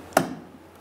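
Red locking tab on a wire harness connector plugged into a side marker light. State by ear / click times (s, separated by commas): seated / 0.2 s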